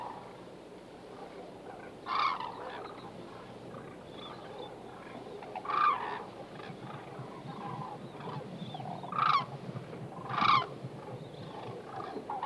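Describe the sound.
White-naped crane calls, four separate honking notes at uneven intervals over steady background noise.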